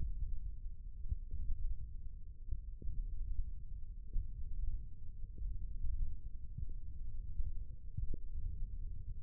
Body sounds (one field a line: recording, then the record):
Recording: forearm muscle sounds (acoustic myography)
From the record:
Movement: thumb flexion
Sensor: system 1, eight BSWA MPA416 microphones around the upper forearm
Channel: 2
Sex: male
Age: 20 years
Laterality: left